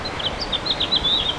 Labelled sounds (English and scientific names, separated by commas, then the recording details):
House Finch (Haemorhous mexicanus) song
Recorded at Babylon on Long Island, New York, on 18 May 2013
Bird C